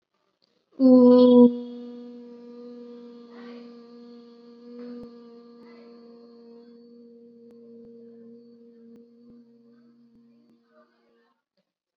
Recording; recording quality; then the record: sustained vowel as in boot; excellent, no background noise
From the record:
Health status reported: COVID-19 positive, no symptoms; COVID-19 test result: positive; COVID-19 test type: RT-PCR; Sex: female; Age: 18 years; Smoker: no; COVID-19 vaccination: both doses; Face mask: worn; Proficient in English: yes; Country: India